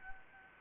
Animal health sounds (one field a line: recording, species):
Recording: mosquito wingbeat signal from an infrared sensor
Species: Anopheles gambiae